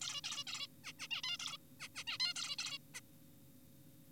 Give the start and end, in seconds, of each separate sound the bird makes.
0.02-0.21, 0.24-0.44, 0.47-0.67, 0.84-0.93, 0.99-1.08, 1.11-1.22, 1.24-1.37, 1.40-1.57, 1.80-1.89, 1.95-2.04, 2.07-2.18, 2.20-2.34, 2.36-2.56, 2.58-2.78, 2.94-3.00